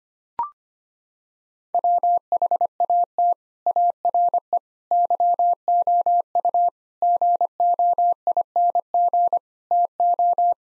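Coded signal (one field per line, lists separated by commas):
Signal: Morse code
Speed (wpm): 25 wpm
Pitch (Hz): 700 Hz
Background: none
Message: WHAT ARE YOU GOING TO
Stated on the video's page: Morse practice drill of six-word sets sent at 25 wpm for head-copying.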